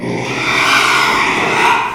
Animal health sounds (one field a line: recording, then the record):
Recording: squeal of a Yucatan mini pig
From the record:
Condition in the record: after surgery on the right vocal fold (resection and tissue-engineered implant)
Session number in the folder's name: 1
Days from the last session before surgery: 6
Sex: male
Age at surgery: 12 weeks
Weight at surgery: 13 kg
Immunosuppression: cyclosporine, prednisolone